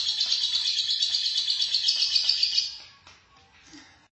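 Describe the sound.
Lovebird chatter: rapid, scratchy, high twittering notes run together for under three seconds, then fade to a few soft notes.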